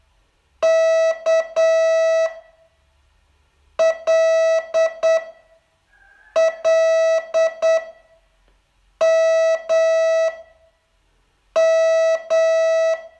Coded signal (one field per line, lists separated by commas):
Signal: Morse code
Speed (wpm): 8 wpm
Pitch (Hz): 650 Hz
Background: none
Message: K L L M M